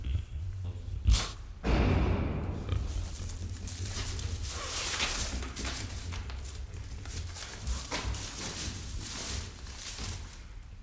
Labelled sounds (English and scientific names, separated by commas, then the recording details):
White-lipped Peccary (Tayassu pecari)
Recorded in captivity
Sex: male
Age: adult
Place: Zoo Berlin, Berlin, DE
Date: 1992-12-25 13:10
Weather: heiter, -7°C
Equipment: Marantz CP 430, Sennheiser ME 80, Kopie Uher Variocord 263
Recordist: Tembrock, Günter